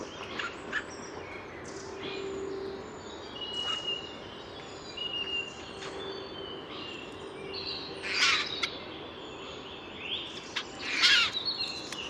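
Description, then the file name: Eurasian jay uttering two short, hoarse screeches several seconds apart, amid faint whistled notes of other birds and a constant low hiss. "Garrulus glandarius"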